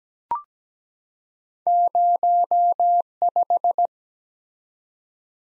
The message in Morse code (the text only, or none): 05